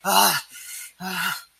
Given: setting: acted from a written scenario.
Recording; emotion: vocal sound without words; distress